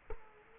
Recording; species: mosquito wingbeat signal from an infrared sensor; Culex quinquefasciatus